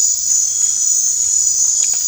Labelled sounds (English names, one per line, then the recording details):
none
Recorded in dense forest near Puerto Asís, Putumayo, Colombia, on 22 December 2024 at 21:00
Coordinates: 0.468, -76.322
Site G071